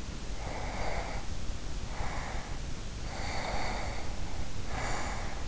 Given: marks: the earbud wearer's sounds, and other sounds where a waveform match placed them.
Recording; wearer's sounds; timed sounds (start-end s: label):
sounds in sleep by an in-ear microphone; breath
0.29-2.70 s: breath
3.05-5.46 s: breath